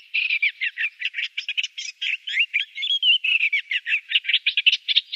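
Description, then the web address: Eastern olivaceous warbler song, a continuous chattering run of scratchy, buzzy notes mixed with brief whistled slurs, delivered rapidly and without pause. "Schulze Peter Eastern Olivaceous Warbler"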